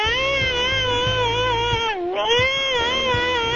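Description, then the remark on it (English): A New Guinea singing dog whines in one long, loud, high-pitched wavering wail that briefly dips in pitch midway before rising again, with no talking. “An animal that's notorious for whining. The New Guinea singing dog.”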